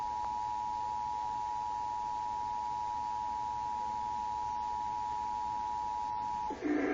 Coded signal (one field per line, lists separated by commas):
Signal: Emergency Alert System (SAME) tones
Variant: 853 and 960 Hz attention tone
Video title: ***EAS NOVEMBER 9, 2011***